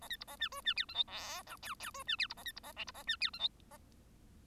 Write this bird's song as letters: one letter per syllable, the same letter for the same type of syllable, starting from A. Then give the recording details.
A B C A D E D F G H I J K K E D F C A B C A L C A D F G H A. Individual Bird1